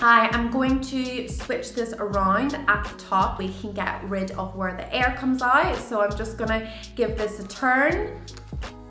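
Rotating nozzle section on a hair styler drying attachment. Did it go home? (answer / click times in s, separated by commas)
no / none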